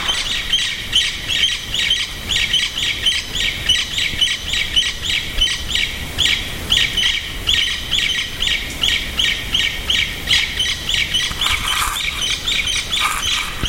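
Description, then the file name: Bird calling, high chirps repeated rapidly and steadily throughout, over a constant hiss of background noise. "SABIOD 50 bird 2015"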